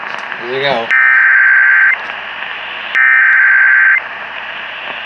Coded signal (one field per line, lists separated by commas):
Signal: Emergency Alert System (SAME) tones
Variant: header bursts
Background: speech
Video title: WHOLE LOTTA FLUDDZ AND A TEST... EAS Alerts from 7/29/2021-8/1/2021 (EAS #639-651)